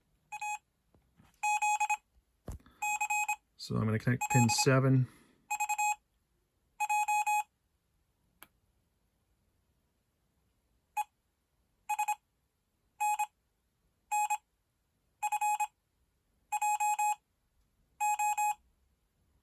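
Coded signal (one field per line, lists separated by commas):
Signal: Morse code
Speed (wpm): 26 wpm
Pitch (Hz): 840 Hz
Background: speech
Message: AZCLVJ ESNNFJO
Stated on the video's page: Morse practice groups generated by a modified Datong D70 Morse tutor, altered to give random word lengths instead of the default five-character groups.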